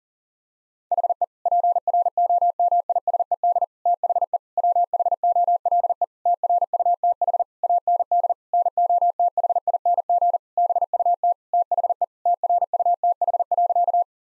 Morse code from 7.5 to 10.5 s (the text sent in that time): AND NOTHING